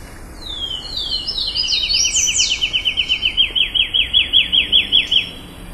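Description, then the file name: Riverbank warbler song: a few high descending slurred whistles, then a long, rapid series of sharp notes that grows louder toward the end. Recorded at Urugua-í provincial park on 12 October 2013. "Myiothlypis-rivularis 2013-10-12 PP-Urugua-i Jorge-La-Grotteria"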